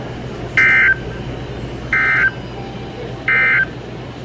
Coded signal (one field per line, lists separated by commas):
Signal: Emergency Alert System (SAME) tones